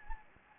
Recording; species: mosquito wingbeat signal from an infrared sensor; Anopheles gambiae